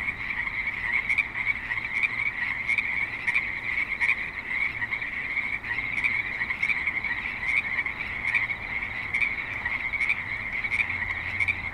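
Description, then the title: Continuous frog chorus of rapid croaking trills, many callers at once. Frogs calling at a creek in suburban Spanish Springs, Nevada, USA. "Frogs in Spanish Springs, NV - creek view"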